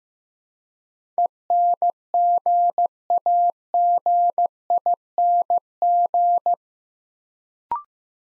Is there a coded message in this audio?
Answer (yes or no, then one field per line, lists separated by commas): yes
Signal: Morse code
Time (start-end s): 1.2-6.5 s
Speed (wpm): 16 wpm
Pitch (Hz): 700 Hz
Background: none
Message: ENGAGING